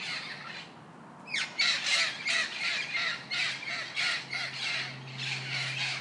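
Parrot squawks, harsh raspy calls repeated in bursts of several per second after a quiet first second, with a low steady hum beneath.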